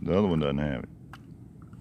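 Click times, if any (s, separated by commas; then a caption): 1.1 s. Someone talks briefly, then a drone battery is pushed into the battery bay of a GoolRC LS-MIN drone and latches with a small, satisfying click at 1.1 s. Unlike the other battery, this one seats with a click, and faint quiet ticks follow.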